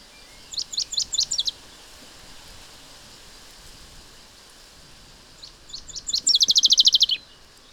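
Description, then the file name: Common chaffinch calls: a quick run of sharp high chips early on, then near the end a fast rattling burst of high notes, with faint background hiss. "Fringilla coelebs"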